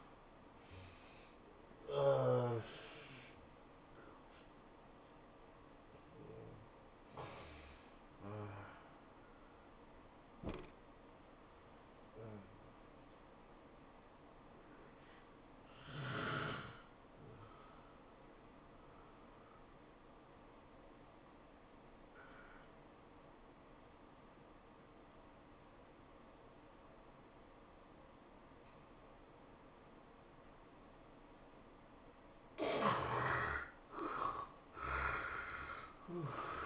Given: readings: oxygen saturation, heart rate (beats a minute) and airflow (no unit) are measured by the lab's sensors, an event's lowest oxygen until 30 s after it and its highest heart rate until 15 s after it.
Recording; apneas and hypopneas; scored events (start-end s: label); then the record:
breathing in sleep by a voice recorder at the bedside; 1
11.00-32.60 s: hypopnea (N1, oxygen 96% highest, then 77% lowest, heart rate 102 at the start, 104 highest)
From the record:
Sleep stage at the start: N1 (lightest sleep); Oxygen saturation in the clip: 71 to 96%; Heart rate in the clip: 82 to 107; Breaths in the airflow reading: 7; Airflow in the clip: -10.0 to 17.7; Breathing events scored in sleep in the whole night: 403 in 5.5 hours asleep